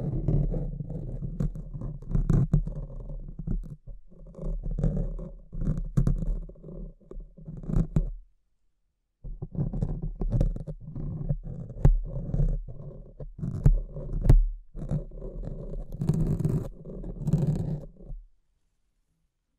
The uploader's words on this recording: ASMR Brain Melting Mic Scratching (No Talking).